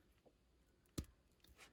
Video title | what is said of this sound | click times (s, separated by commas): Kinfour Intro to EL panels | makes a good solid click with this version | 1.0 s